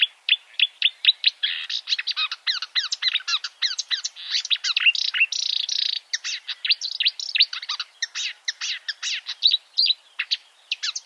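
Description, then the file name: Marsh warbler pouring out dense, scratchy song with quick chips and buzzy trills, almost unbroken throughout. "suara kicauan burung marsh warbler. omkicau"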